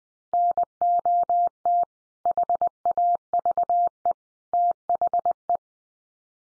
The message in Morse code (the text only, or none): NOT HAVE THE